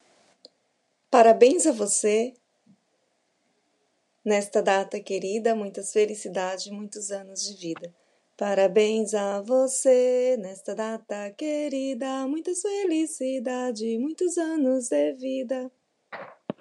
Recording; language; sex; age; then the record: short text; Brazilian Portuguese; female; 40 to 49 years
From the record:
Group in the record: control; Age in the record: 49 years